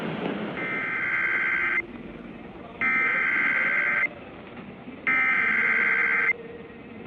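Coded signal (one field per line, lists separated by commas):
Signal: Emergency Alert System (SAME) tones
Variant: header bursts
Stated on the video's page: Real EAS alert tones.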